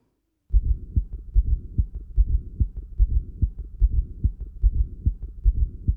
Just prior to the first heart sound, there is a very low pitch sound, S4, caused by atrial emptying into a hypertrophied, non-compliant left ventricle. This is best heard using the bell. It is best appreciated by listening through the whole recording and concentrating on the presystolic period.